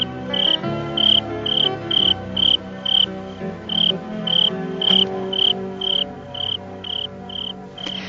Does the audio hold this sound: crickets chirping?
yes